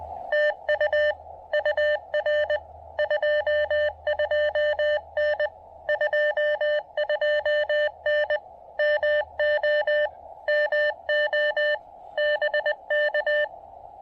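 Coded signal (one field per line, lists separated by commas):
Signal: Morse code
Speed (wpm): 20 wpm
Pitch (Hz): 590 Hz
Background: none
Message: TU UR 22N 22N MO MO BK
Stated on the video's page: QRP Parks on the Air activation with DX contacts, CW on 20, 30 and 17 metres using a random wire antenna.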